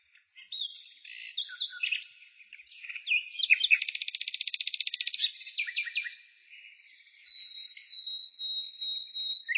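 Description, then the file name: Bird song, somewhat soft: mixed twittering phrases, a dense rapid trill in the middle, then a thin, drawn-out whistle to the end. "penie ptic - ptici"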